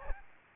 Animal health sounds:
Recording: mosquito wingbeat signal from an infrared sensor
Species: Aedes albopictus

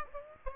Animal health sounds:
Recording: mosquito wingbeat signal from an infrared sensor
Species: Aedes aegypti

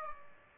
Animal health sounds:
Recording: mosquito wingbeat signal from an infrared sensor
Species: Culex pipiens

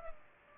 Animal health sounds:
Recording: mosquito wingbeat signal from an infrared sensor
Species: Culex pipiens

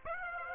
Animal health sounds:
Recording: mosquito wingbeat signal from an infrared sensor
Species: Aedes aegypti

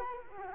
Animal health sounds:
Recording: mosquito wingbeat signal from an infrared sensor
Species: Culex quinquefasciatus

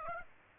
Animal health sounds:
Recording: mosquito wingbeat signal from an infrared sensor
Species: Aedes aegypti

